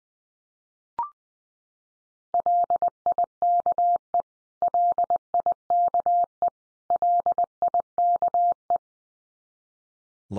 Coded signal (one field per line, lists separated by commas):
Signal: Morse code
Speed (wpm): 20 wpm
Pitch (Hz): 700 Hz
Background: none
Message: LIKE LIKE LIKE